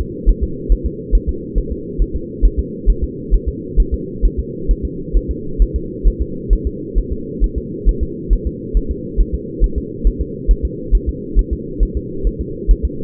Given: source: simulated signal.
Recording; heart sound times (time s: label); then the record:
fetal heart sounds
0.01 s: S2
0.29 s: S1
0.43 s: S2
0.72 s: S1
0.86 s: S2
1.15 s: S1
1.29 s: S2
1.58 s: S1
1.72 s: S2
2.02 s: S1
2.16 s: S2
2.45 s: S1
2.59 s: S2
2.90 s: S1
3.04 s: S2
3.34 s: S1
3.48 s: S2
3.80 s: S1
3.94 s: S2
4.25 s: S1
4.39 s: S2
4.71 s: S1
4.85 s: S2
5.17 s: S1
5.31 s: S2
5.62 s: S1
5.76 s: S2
6.08 s: S1
6.22 s: S2
6.53 s: S1
6.67 s: S2
6.98 s: S1
7.12 s: S2
7.44 s: S1
7.58 s: S2
7.89 s: S1
8.03 s: S2
8.33 s: S1
8.47 s: S2
8.77 s: S1
8.91 s: S2
9.20 s: S1
9.34 s: S2
9.64 s: S1
9.78 s: S2
10.07 s: S1
10.21 s: S2
10.51 s: S1
10.65 s: S2
10.95 s: S1
11.09 s: S2
11.39 s: S1
11.53 s: S2
11.83 s: S1
11.97 s: S2
12.27 s: S1
12.41 s: S2
12.71 s: S1
12.85 s: S2
From the record:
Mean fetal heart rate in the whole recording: 135 bpm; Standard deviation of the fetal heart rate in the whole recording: 3 bpm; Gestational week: 36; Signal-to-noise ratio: -4.3 dB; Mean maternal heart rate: 72 bpm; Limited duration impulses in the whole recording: absent